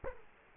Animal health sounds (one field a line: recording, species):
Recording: mosquito wingbeat signal from an infrared sensor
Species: Culex quinquefasciatus